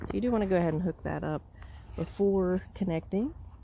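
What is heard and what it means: Someone talks while handling the blue end of a clamp cable at the port of an Andeman portable jump starter battery pack, with the safety cover already removed. Speech fills most of the clip over faint background noise. Nothing has seated or clicked yet; the clip ends before the plug goes home.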